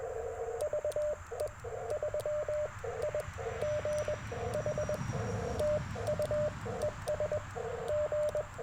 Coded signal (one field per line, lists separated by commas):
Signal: Morse code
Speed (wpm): 19 wpm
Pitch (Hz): 600 Hz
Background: radio noise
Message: VE3IGH TU ES G